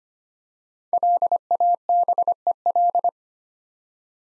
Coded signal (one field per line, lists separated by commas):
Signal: Morse code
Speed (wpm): 25 wpm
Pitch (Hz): 700 Hz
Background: none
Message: LABEL